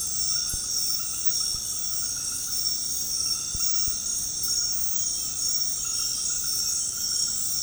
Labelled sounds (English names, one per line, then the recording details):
none
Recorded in secondary vegetation near Puerto Asís, Putumayo, Colombia, on 20 February 2024 at 23:00
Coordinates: 0.468, -76.324
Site G6381